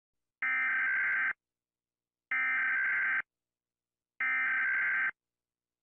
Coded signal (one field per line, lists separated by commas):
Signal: Emergency Alert System (SAME) tones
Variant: header bursts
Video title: Rating EAS alarms 1!